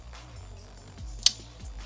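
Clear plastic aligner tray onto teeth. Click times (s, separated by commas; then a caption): 1.3 s. A new clear plastic dental aligner tray, switched from week 10 to week 11, is pressed onto the teeth over quiet background music. It gives a single sharp snap at 1.3 s as it seats in place.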